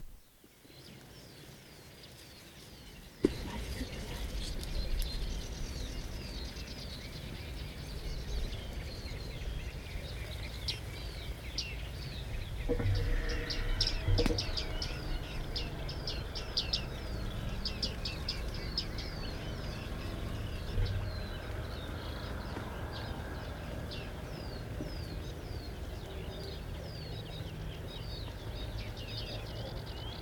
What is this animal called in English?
Bearded Reedling